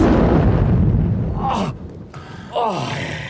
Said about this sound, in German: Lauf zu den Bäumen rüber, falls noch mehr Explosionen kommen.